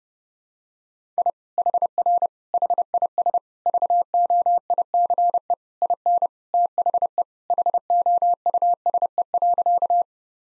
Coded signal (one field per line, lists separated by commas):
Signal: Morse code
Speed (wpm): 31 wpm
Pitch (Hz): 700 Hz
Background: none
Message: I HR HIS VOICE IN THE HOUSE.